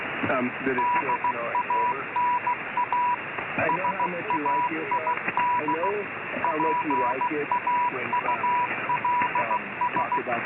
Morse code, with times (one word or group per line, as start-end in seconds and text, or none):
0.8-3.1 DANA
3.7-5.9 SAID
6.4-10.2 PAULS